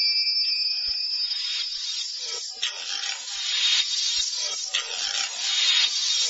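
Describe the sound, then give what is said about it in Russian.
A loud, harsh bell rings continuously for several seconds, a steady metallic clatter with a brief high tone at the start and a couple of small dips in level. No one speaks. “Раздался звон громкого колокольчика.”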